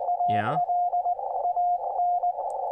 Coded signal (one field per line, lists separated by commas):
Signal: Morse code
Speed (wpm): 20 wpm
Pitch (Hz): 710 Hz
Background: speech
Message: ALAN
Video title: First Look at Yaesu FTdx-10 Ham Radio - Livestream